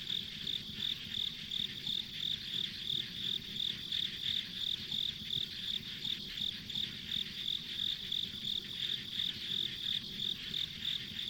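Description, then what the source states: Insect chorus of rapid high chirps pulsing, roughly three a second, with a constant shrill hiss beneath and light low background noise. Ambient insect sound recorded on a country road.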